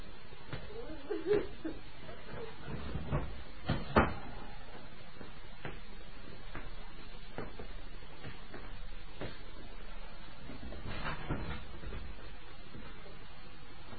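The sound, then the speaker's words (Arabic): A door is pushed shut, giving a handful of dull wooden clunks and one sharper knock, set against a low, steady background hiss. “سأغلق الباب.”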